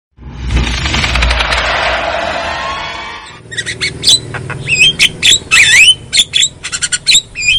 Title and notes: Pancingan Jalak Kebo Bisu. Kicau Jalak Kebo